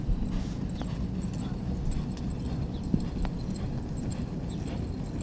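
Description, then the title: Horse hoofbeats, dull low thuds over a constant low rumble. Young horse trained by horsemen at a ranch in Arteaga, Coahuila, Mexico, cold morning, passing near the microphone at a steady pace; expressway rumble; omni and cardioid microphones, low-frequency EQ, unedited. "Arteaga, Coahuila, 25356, Mexique - young horse galloping"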